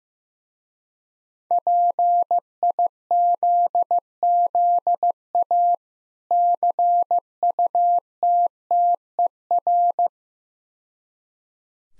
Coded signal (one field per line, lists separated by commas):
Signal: Morse code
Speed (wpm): 15 wpm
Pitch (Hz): 700 Hz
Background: none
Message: PIZZA CUTTER